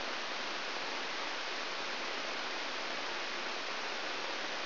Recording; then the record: brain microelectrode recording played as sound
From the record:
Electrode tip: outside the subthalamic nucleus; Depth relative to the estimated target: -6 mm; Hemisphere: left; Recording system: AlphaMap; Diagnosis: Parkinson's disease